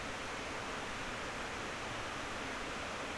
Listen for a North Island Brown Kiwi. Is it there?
no